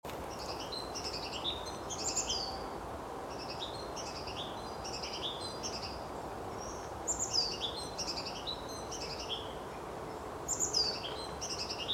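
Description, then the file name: Great tit calls: clusters of high, sharp chirping notes repeated through the recording, with louder bursts near the middle and end over a constant background hiss. "Parus major"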